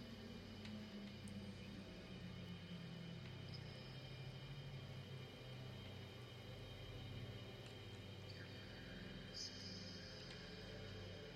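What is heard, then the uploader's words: Warm tape noise and feedback hum hold steady throughout, with low murmuring fragments and faint high whistles surfacing briefly around eight and nine seconds. The inspiration for »lwrcs« was mainly driven by the feedback-like howling of the wind in the original field recording. It’s rich in frequencies but also has something eerie yet warm to it. Digital and analog feedback loops and warm tape noise create the framework for the heavily processed fragments of the field recording.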